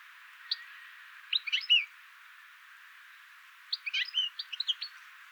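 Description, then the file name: European goldfinch giving two short bursts of sharp tinkling notes, the first near one and a half seconds and the second near four seconds, over soft background hiss. "Carduelis carduelis"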